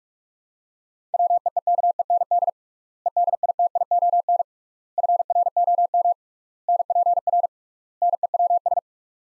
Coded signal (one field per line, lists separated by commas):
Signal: Morse code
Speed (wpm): 47 wpm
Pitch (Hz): 700 Hz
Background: none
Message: WEEKEND EDITION FROM NPR NEWS